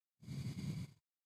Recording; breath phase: one breath near a microphone; exhalation